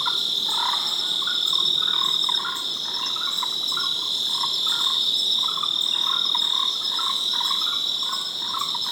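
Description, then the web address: Frogs calling with short pulsed, croaking notes repeated in irregular bursts, over a steady high-pitched insect drone. "Frogs World"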